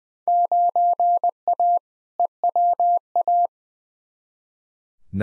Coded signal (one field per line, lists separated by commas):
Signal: Morse code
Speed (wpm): 20 wpm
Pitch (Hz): 700 Hz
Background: none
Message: 9A EWA